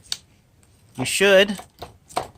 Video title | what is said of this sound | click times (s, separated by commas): UNBOXING & INITIAL REVIEW OF THE CHEAPEST 5 IN 1 STRING TRIMMER, HEDGE TRIMMER AND POLE SAW ON EBAY! | you should hear a click, which I don't know if you guys heard that or not. | 0.1 s